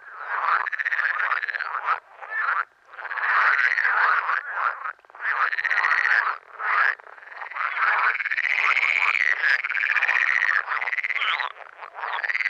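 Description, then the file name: Water frog croaking in pulsed, rattling bouts, short bursts early giving way to longer overlapping runs of calls. "Grenouille verte"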